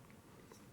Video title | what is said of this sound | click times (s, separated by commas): X-Transbots: MM-XII NEPTUNE | a little click that you'll hear | 0.1 s